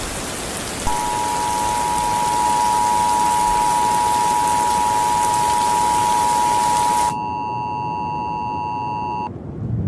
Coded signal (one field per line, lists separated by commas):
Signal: Emergency Alert System (SAME) tones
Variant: 853 and 960 Hz attention tone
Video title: Phantom Rain - Tornado EAS Scenario